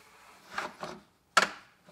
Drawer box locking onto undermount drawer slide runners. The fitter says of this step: all i'm going to do is i'm going to push this back and i want you to listen for the clicks that's